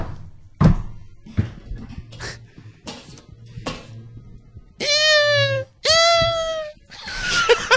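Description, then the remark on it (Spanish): Three dull knocks on a door, then two longer, loud, screeching scratches on it, each lasting under a second, with a brief pause between them, given as an agreed password signal. “Cuando llegara tenía que dar 3 golpes en la puerta y arañarla 2 veces.”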